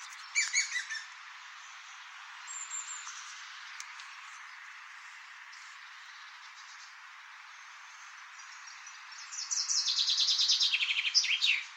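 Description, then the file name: Chaffinch singing: a few brief notes at the start, a long quiet stretch, then a full cascading song with a flourish near the end. "erdei pinty eneke"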